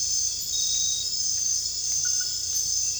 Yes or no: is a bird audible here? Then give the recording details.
no. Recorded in dense forest near Puerto Asís, Putumayo, Colombia, on 21 December 2024 at 21:00. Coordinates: 0.484, -76.317. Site G026